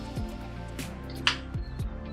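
After pressure is released on an Instant Pot electric pressure cooker, the metal float valve pin in the lid drops down with a single sharp click at 1.3 s, signalling that the lid is safe to open. Music plays softly underneath throughout.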